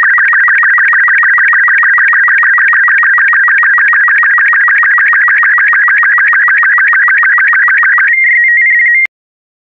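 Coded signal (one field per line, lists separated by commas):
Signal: SSTV (slow-scan television)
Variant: Robot36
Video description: This video has been specially made to be decoded using the SSTV Robot36 format.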